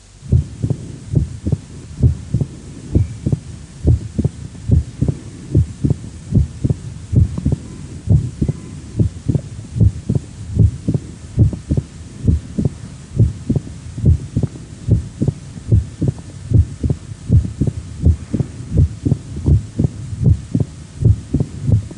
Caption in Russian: Тон открытия представляет собой самостоятельный высокочастотный и короткий звук, возникающий в самом начале диастолы, сразу после второго тона, когда открываются склерозированные и спаянные друг с другом створки митрального клапана. У больного с митральным стенозом на верхушке сердца наличие усиленного первого тона и тона открытия митрального клапана, что создает характерную картину трехчленного ритма сердца.